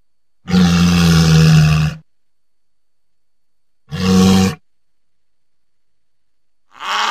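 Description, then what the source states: Walrus bellows: two deep, droning calls with a strong low hum, the first lasting about a second and a half, then a third call starting at the end. Antarctica.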